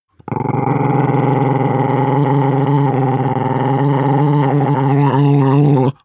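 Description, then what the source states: Dog growling, one continuous low rough rumble held for over five seconds with a pulsing, grinding texture. Small dog growling heavily.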